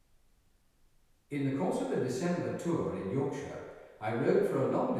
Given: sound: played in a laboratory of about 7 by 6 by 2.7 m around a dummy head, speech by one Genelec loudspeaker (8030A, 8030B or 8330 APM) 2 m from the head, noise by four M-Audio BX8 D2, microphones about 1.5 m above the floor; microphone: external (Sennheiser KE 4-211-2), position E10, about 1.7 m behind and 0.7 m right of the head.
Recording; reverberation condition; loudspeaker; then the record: male speech in English; high; 30 degrees to the left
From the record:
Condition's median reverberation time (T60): about 1300 ms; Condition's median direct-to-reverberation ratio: about -4.0 dB